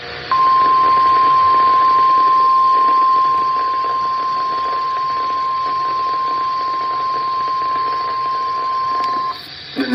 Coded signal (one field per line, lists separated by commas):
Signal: Emergency Alert System (SAME) tones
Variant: 1050 Hz attention tone